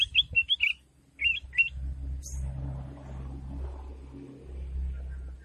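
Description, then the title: Sooty-headed bulbul song: two short bursts of bright, bubbly whistled notes in the first two seconds, then a steady low rumble. "Suara Burung Kutilang"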